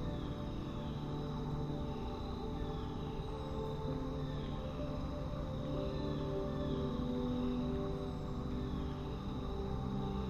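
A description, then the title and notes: Soft piano music plays at an even level, with long, held low and middle notes blending into a dense, steady wash. A faint high insect-like drone wavers underneath throughout, and brief bird chirps appear around four and eight seconds. Relax Outside with Piano. Peaceful piano music, accompanied by the gentle melodies of nature.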